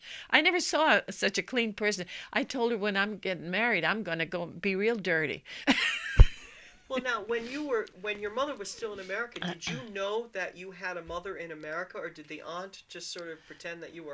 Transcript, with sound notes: I never saw such a clean person. I told her when I'm getting married I'm going to go and be real dirty. ( she laughs ) Now, when you were, when your mother was still in America did you know that you had a mother in America, or did the aunt just sort of pretend that you were hers?